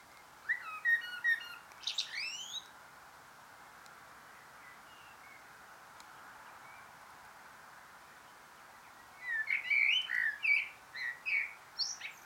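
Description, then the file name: Eurasian blackbird with fluty whistled phrases and scratchy twitters at the start, a long quiet stretch, then a livelier burst of whistles and chirps near the end. "Turdus merula"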